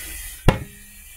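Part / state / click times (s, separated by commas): tire bead seating onto a wheel rim / seated / 0.5 s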